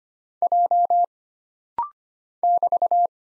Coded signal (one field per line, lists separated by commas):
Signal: Morse code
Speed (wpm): 25 wpm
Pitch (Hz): 700 Hz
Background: none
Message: J <BT>